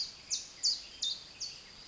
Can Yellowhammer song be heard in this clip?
no